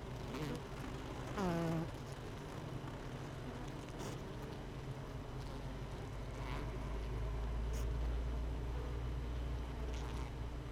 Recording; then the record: honeybee colony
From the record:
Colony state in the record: missing queen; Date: 31 May 2018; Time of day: 17:08